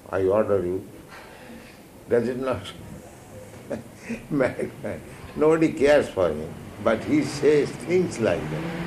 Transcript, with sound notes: I order you!" Does it not? Madman. [laughs] Nobody cares for him, but he says..., thinks like that.